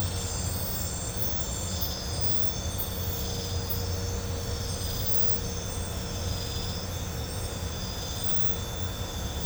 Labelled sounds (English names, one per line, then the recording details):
none
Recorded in pastures near Puerto Asís, Putumayo, Colombia, on 16 December 2024 at 02:00
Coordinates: 0.502, -76.324
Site G077